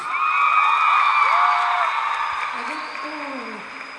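A crowd claps and cheers loudly and steadily for a band member who recently became a father, with rising and falling whoops and shouts cutting through the dense applause, which eases off a little toward the end.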